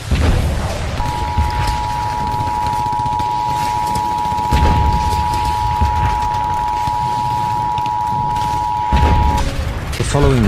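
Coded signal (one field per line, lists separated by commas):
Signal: Emergency Alert System (SAME) tones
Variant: 853 and 960 Hz attention tone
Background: speech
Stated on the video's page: Fictional EAS scenario using foreign alert tones; a simulated alert, not a real broadcast.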